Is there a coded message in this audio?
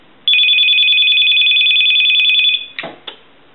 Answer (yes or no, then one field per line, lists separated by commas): no